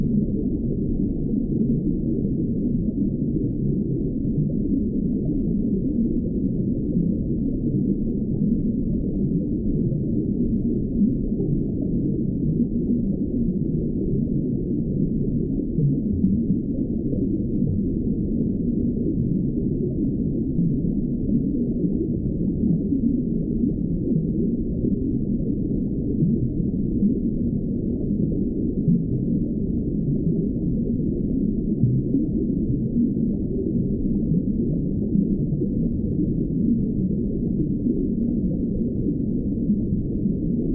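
Underwater white noise fills the recording, a dense, steady wash that holds the same level from start to finish. The sound is deep and muffled, with everything above the low and low-middle range cut away, leaving a soft, rumbling hiss with faint churning texture.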